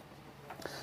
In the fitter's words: nice little countertop extension snaps right into place